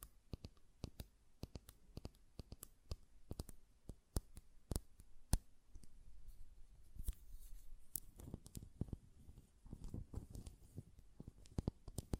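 A glass perfume bottle is tapped in quick, irregular bright clicks throughout, with duller lid knocks and handling rustle growing busier after eight seconds.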